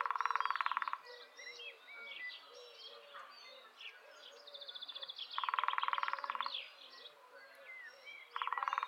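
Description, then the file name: Lesser spotted woodpecker drumming comes in three fast, steady rolls, the first two lasting about a second each, set against a busy chorus of twittering songbirds. "kis fakopacs hangja"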